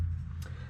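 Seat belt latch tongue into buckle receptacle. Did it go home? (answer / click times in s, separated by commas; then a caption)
yes / 0.4 s. A car's male seat belt latch tongue is pushed into a junkyard seat belt buckle receptacle, the female part, which is possibly from a truck and has the same receptacle as the Kia. The receptacle is fitted to a race seat. A short click at 0.4 s rises over a steady low hum, and the latch clicks right in and is seated.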